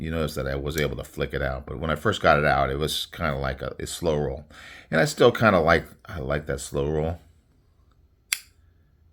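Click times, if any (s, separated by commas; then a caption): 8.3 s. A folding knife blade is slowly rolled open on its bronze washers while someone talks. After the talking stops, a small tick comes at 7.9 s, then a sharp click at 8.3 s as the blade locks into the open position in its handle at the end of travel.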